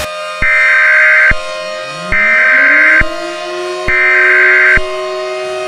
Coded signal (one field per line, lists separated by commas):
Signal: Emergency Alert System (SAME) tones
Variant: header bursts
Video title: EAS Scenario #13: XK Candy Apollyon